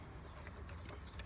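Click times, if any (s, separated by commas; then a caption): none. While replacing the alternator on a truck with an 8.1L engine, a plastic wiring harness plug is handled and pushed toward the alternator's electrical socket, with a steady low rumble and a few faint, brief handling ticks around 0.5, 0.7, 0.9 and 1.2 s. The plug has not seated or clicked in yet.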